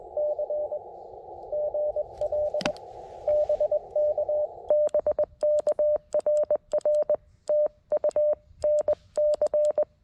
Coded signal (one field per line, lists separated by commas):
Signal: Morse code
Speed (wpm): 20 wpm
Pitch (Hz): 590 Hz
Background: none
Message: C GL BK BK RR TU NC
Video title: Is this radio even worth buying for CW? It wasn't....until yesterday! CW POTA at K-5221